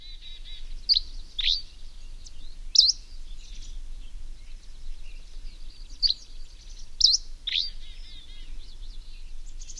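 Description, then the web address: Dusky Flycatcher delivering quick, emphatic high chips and slurred notes in several short groups, over a dense, buzzy high background chorus. "Songs of Birds of North America Know Your Bird Sounds Common Western Species. Dusky Flycatcher"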